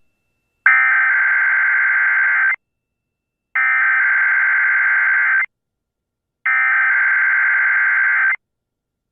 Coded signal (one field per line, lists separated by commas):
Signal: Emergency Alert System (SAME) tones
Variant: header bursts